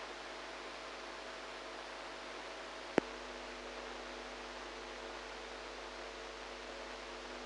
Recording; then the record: brain microelectrode recording played as sound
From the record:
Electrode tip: inside the subthalamic nucleus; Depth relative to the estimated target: -3 mm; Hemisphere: right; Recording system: NeuroSet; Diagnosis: Parkinson's disease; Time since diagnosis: 8 years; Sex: female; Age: 45 years